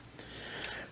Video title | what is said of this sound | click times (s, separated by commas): Antique Folding Medium Format Film Camera Tutorial - Forward Film Camera and Vintage Channel | into itself until it clicks and the once it clicks it's locked to | 0.6 s